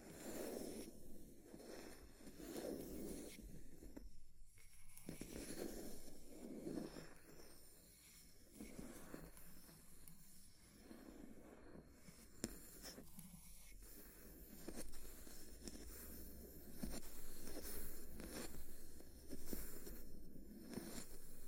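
Fire crackling fills the 21 seconds with dense, irregular pops and snaps over a low, steady rumble. Brief sharp taps stand out, one especially crisp near twelve seconds, and the level swells and dips slightly without ever going quiet.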